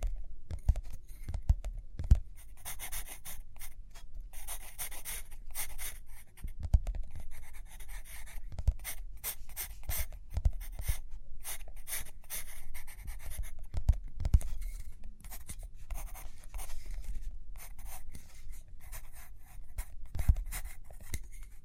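Pen or pencil writing and drawing on paper, a busy run of short scratchy strokes in quick irregular bursts for the whole stretch. Soft low thumps and taps land every few seconds, clearest near 2, 7, 9, 14 and 21 seconds.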